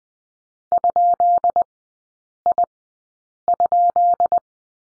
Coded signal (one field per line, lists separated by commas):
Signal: Morse code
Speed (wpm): 20 wpm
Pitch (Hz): 700 Hz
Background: none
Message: ?I?